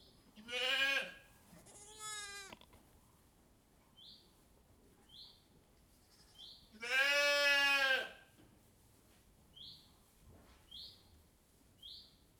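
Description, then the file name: Sheep bleating, two harmonic bleats near the start and a loud third one later, with faint short high chirps between them. Sheep in a sheepfold with straw. "Moutons - Bergerie - Paille"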